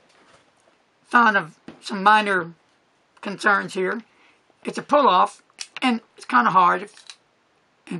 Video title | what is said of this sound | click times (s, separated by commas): Episode 209 | but snaps on hear that snap so | 7.9 s